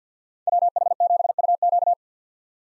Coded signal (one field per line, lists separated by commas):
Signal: Morse code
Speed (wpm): 50 wpm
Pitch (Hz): 700 Hz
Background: none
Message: WH7UQ